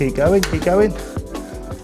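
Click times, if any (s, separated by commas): 1.4 s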